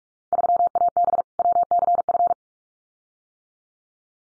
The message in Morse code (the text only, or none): 3AB WCF